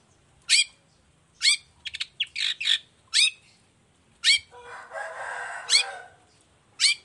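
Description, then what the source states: Long-tailed shrike singing sharp chip notes at intervals, with a fast scratchy chatter and a longer harsh rasp between them. Morning singing; described as a lively, clear, highly varied song with 'toet toet' notes, offered as a model for other long-tailed shrikes to copy.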